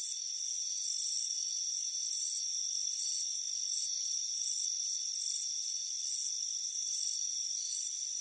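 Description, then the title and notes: Crickets chirp in uneven high bursts, some longer and louder than others, above a steady ringing insect chorus. Crickets chirping on a front porch on a warm afternoon. "Soothing Crickets Chirping Sound. It's a warm afternoon as you relax in a hammock on the front porch. Relax and fall asleep to the soothing sound of chirping crickets"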